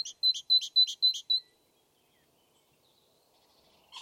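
Great tit rapidly repeating a bright two-part phrase several times, a level whistle dropping into a lower slurred note, followed by quiet and a brief chirp at the end.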